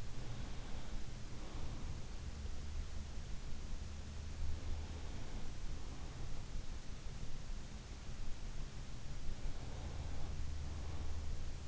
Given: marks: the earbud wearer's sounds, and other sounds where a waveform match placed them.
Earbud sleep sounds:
sounds in sleep by an in-ear microphone; breath
0.00-2.05 s: breath
9.09-11.68 s: breath

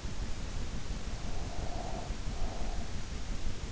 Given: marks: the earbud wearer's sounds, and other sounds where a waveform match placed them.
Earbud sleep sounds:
sounds in sleep by an in-ear microphone; breath
1.20-3.00 s: breath

